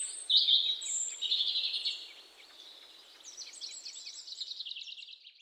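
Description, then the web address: European robin song, high shrill notes and a bright sustained trill, then softer, repeated high warbling, over a light hiss. "SETE data Erithacus rubecula"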